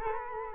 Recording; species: mosquito wingbeat signal from an infrared sensor; Culex quinquefasciatus